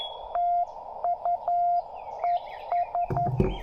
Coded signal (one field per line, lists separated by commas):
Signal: Morse code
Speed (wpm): 13 wpm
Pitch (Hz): 700 Hz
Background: radio noise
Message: TU ES